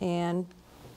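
An interchangeable lens is being fitted to a Nikon camera body's bayonet mount after lining up the white dots. Someone talks briefly, followed by faint handling noise. Nothing has seated or clicked yet.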